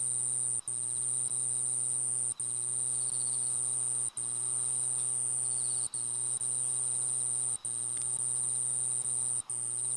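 Kusakiri katydid singing a steady high-pitched buzz broken by brief gaps, with faint softer chirps beneath and a constant low hum in the background.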